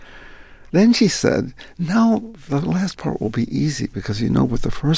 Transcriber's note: none